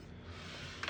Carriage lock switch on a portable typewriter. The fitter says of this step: to clear that you just flip this little switch here up and it'll unlock the carriage